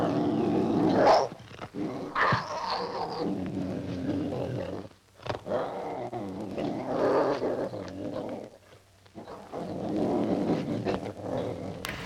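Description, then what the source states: Tiger growling in low, rough rumbles, with bursts rising and fading, a harsher snarl near the start and pauses of quiet between growls. Hissing and growling.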